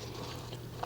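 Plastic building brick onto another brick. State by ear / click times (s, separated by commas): seated / 0.8 s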